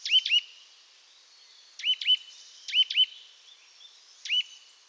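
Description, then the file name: Eurasian nuthatch calls, short sharp rising notes in clusters of two or three, separated by pauses of about a second, with soft high twittering behind. "Sitta europaea"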